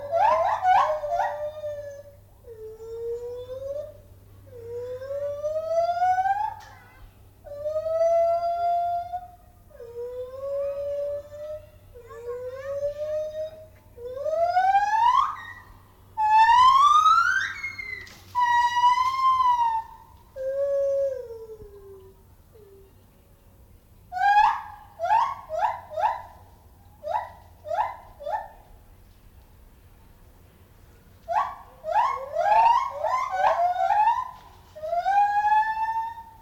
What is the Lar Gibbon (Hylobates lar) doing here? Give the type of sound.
call